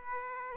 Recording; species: mosquito wingbeat signal from an infrared sensor; Aedes aegypti